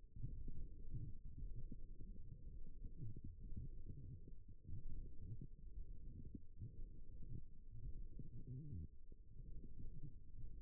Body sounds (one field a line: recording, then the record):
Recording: forearm muscle sounds (acoustic myography)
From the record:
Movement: forearm supination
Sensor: system 1, eight BSWA MPA416 microphones around the upper forearm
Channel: 2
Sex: female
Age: 21 years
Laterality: right